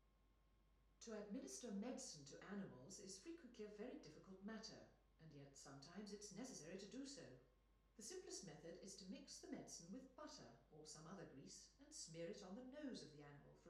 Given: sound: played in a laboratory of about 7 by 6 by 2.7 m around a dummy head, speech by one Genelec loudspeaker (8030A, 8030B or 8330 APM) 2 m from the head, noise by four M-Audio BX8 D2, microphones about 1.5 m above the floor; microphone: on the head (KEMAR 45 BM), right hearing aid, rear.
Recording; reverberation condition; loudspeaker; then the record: female speech in English; medium; in front (0 degrees)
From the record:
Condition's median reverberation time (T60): about 510 ms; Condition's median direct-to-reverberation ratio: about -0.5 dB